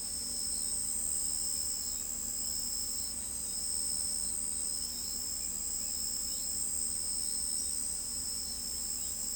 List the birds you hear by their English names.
none